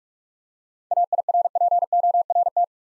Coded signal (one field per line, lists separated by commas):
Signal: Morse code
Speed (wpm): 42 wpm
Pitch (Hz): 700 Hz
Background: none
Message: AIRPORT